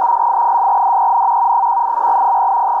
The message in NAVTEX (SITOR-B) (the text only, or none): TSI'DEN 181800